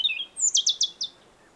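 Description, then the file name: European robin song: a brief warbled start, then a sequence of four or five thin, high, falling notes in quick succession. "Erithacus rubecula"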